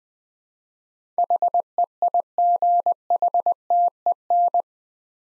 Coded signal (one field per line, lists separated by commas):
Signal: Morse code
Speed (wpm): 20 wpm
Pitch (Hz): 700 Hz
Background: none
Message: HEIGHTEN